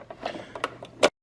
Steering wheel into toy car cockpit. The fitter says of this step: and lock into place there so you could put the figure in